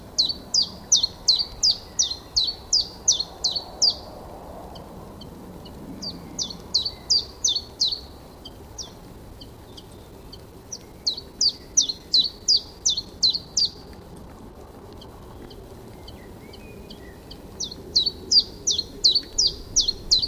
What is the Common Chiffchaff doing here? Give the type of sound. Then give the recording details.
song. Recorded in the wild. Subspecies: collybita. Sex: male. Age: adult. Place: Spitzberg, Tübingen, Baden-Württemberg, DE. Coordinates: 48.5167, 9.01667. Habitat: forest. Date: 1969-04-21 12:00. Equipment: Nagra III PH, MD 211, mit Parabolspiegel, LGS26. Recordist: Faber, A., Nedo and Schneider, H.-J